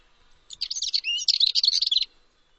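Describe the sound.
Bird twittering song: one rapid burst of high, scratchy, chattering notes lasting about one and a half seconds, with quiet before and after.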